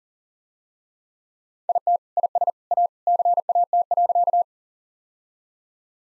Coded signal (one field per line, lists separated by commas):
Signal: Morse code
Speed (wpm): 40 wpm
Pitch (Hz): 700 Hz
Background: none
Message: IT IS A CAT.